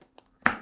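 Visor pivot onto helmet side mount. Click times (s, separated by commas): 0.5 s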